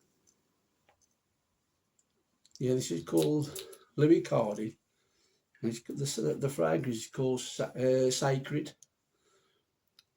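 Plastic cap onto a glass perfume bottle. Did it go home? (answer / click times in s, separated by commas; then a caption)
yes / 10.0 s. A plastic cap is pushed onto a glass perfume bottle while someone talks. It seats with a single sharp click at 10.0 s.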